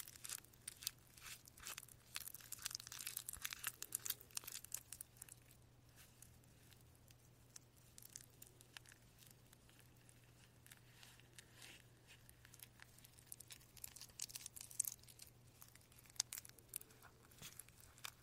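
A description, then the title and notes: Crisp crinkling and soft tapping of a skin care modeling pack being handled, busier early and late, over a steady low hum. Modeling pack sound , skin care sound.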